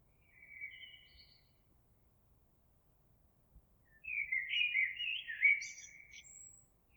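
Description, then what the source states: Eurasian blackbird singing: a few faint short whistles, a pause, then a loud rich warble ending in high thin twitters. Recorded on 26 April 2022.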